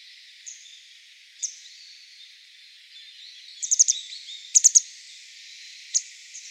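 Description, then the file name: Grey wagtail calls, sharp high notes given singly and in quick clusters of three or four, over a faint high hiss. Recorded 2015-12-11. "kisekirei C 151211"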